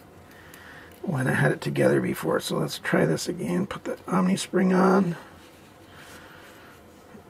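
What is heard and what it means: A metal omega spring is being positioned onto its pin inside the handle of an axis lock pocket knife during reassembly, lined up before its end is hooked into the hole. Someone talks over most of the clip, with faint handling sounds before and after. Nothing has seated or clicked yet.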